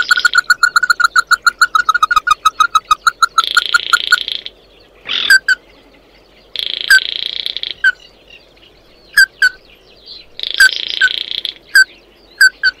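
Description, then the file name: Bird calls: a rapid series of clipped notes at first, then slower single notes alternating with long buzzy, hissing bursts. "Tieng chim mat do"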